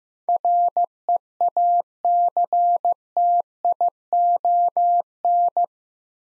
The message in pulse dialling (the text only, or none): none